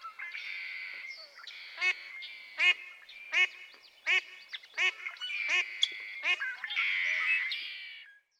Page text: Birdsong for the Curious Naturalist. Mallard. Female QUACKing persistently for minutes on end. March 18, 2017. Harmony Headlands State Park, Cayucos, California